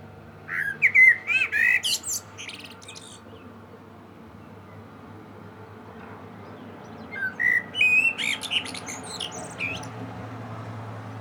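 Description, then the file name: Common blackbird song: two phrases of rich fluted whistles closing with high scratchy twitters, a quiet gap between, and a low background hum. "Turdus merula"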